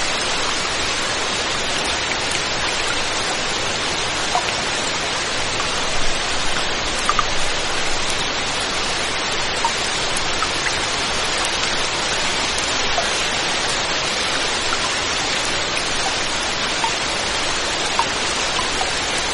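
Rain falls steadily throughout, a dense, even hiss that stays bright and hardly changes in level. A few slightly louder patters stand out around six to eight seconds and near eighteen seconds, but the wash of drops never breaks.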